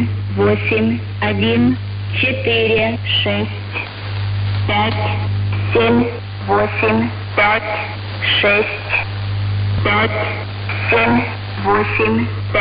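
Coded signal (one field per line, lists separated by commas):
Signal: numbers station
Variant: S06s, Russian female voice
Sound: female voice reading short evenly spaced words over radio hum and static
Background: radio static, low hum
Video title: 03 02 2022 Number station S06s Russian Lady in Russian to Eu 0940 on 9540 unknown tx site in CUSB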